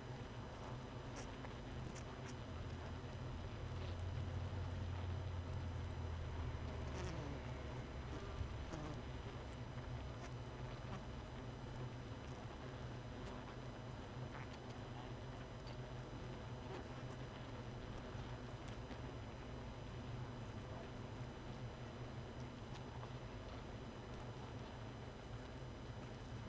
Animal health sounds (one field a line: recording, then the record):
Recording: honeybee colony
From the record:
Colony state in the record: missing queen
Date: 31 May 2018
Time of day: 1:14